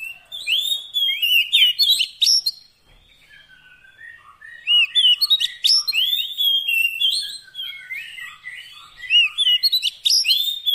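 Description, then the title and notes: Oriental magpie-robin with tumbling whistled phrases and sharp chips, one short pause, then a run of soft lower piping notes beneath further rapid song. Fill-in (isian) song meant to make the bird sing energetically (gacor) day and night. "Kacer Jadi Gacor Siang Malam. Isian Kacer"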